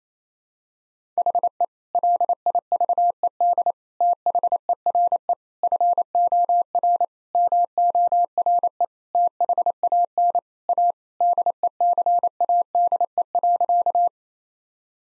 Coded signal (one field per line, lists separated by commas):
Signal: Morse code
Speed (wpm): 28 wpm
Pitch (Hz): 700 Hz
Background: none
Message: HE LIVED THERE FOR MORE THAN A DECADE.